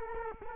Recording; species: mosquito wingbeat signal from an infrared sensor; Culex quinquefasciatus